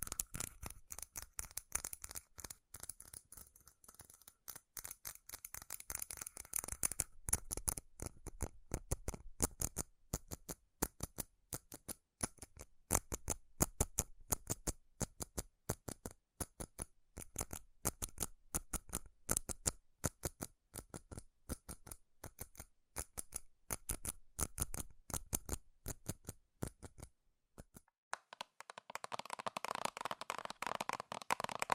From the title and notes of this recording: ASMR FAST & FURIOUS TAPPING Metal Sounds (No Talking).